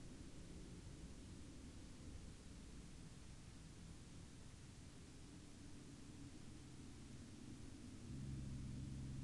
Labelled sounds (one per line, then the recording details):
aircraft
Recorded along the Dempster Highway, Canada, on 9 April 2020 at 05:08
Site 15